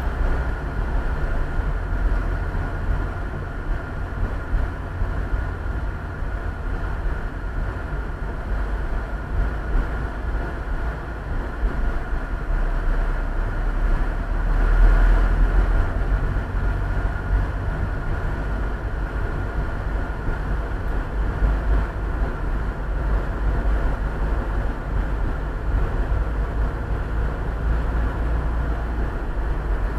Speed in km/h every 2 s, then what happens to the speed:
24, 25, 25, 24, 22, 21, 20, 22, 24, 28, 28, 29, 29, 31, 33.
0-13 steady at about 24. 13-18 speeds up to 28. 18-30 steady at about 29.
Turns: none.